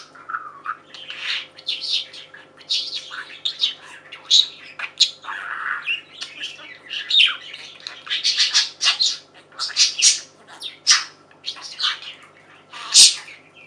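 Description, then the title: Budgerigar chatter, dense and busy, with squawky bursts and chirps tumbling over one another and a faint low hum underneath. "Budgie Sounds"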